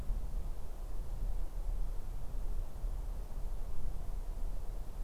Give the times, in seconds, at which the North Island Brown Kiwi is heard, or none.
none